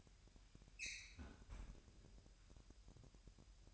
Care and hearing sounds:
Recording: daily activity, microphone in the room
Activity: close fridge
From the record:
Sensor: 2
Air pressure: 1001.8 hPa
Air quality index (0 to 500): 243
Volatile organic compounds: 33 ppm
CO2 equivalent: 3020 ppm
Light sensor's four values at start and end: 8/28/11/10 and 8/28/11/10

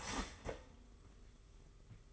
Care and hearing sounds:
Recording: daily activity, microphone in the room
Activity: start toaster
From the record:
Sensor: 4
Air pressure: 991.5 hPa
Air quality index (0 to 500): 136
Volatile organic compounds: 53 ppm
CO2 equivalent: 3337 ppm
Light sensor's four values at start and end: 19/63/23/24 and 16/51/19/18

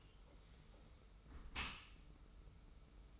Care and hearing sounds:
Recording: daily activity, microphone in the room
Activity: close dishwasher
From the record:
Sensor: 1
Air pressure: 991.3 hPa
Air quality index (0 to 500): 123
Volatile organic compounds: 249 ppm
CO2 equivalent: 4357 ppm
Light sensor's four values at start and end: 40/126/50/51 and 40/126/50/51

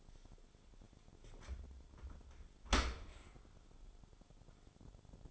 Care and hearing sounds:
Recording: daily activity, microphone in the room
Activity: open dishwasher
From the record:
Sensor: 5

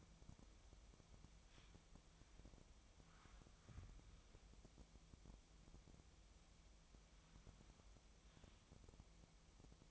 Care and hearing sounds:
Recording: daily activity, microphone in the room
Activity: wipe stove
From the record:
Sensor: 1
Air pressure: 1004.8 hPa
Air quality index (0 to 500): 86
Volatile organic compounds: 2 ppm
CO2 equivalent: 1162 ppm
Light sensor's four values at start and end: 9/23/9/9 and 9/22/9/9

